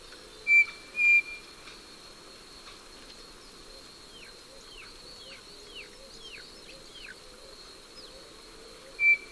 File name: Tapera naevia